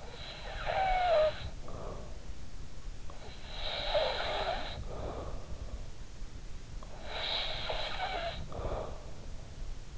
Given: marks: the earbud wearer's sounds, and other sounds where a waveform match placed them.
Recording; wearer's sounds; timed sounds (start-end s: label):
sounds in sleep by an in-ear microphone; snoring breath
0.00-2.35 s: snoring breath
3.25-5.65 s: snoring breath
6.79-9.30 s: snoring breath